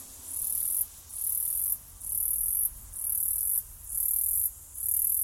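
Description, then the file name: Cicada call: loud, high-pitched rasping buzzes lasting most of a second, each followed by a brief gap, repeating steadily. Australia; short and long calls. "INSECT AUS CICADA"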